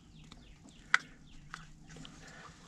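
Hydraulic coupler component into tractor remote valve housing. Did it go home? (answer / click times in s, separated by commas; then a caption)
yes / 0.9 s. On a John Deere 8285 tractor, a hydraulic remote coupler component is pulled and worked into the remote valve housing. It snaps into place with a single sharp click at 0.95 s, over faint chirping and quieter clicks in the background.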